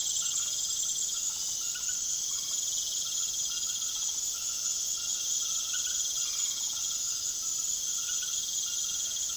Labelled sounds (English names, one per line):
none